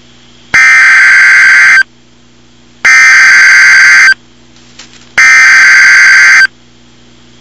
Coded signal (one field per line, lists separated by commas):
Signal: Emergency Alert System (SAME) tones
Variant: header bursts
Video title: Real NOAA Weather Radio EAS Alerts #114 and #115